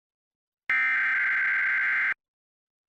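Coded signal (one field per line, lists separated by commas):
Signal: Emergency Alert System (SAME) tones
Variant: header bursts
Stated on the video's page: Fictional emergency alert interrupting a radio talk show.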